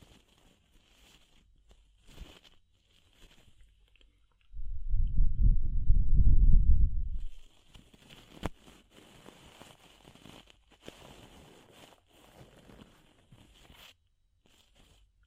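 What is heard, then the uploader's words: Ear cleaning: soft scraping, crackling and rubbing sounds come in short, irregular bursts throughout. Around the fifth to seventh second a loud, low, muffled rumbling swell takes over, then gives way to quieter crackles, with a sharp click near eight and a half seconds. DEEP Ear Penetrating Cleaning.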